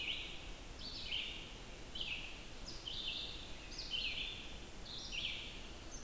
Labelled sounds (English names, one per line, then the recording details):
Red-eyed Vireo song
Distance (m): 65 m
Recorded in boreal forest in Alberta, Canada, on 14 June 2016 at 06:37
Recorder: SongMeter 3, array SBT-3-33
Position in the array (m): 152 m, 184 m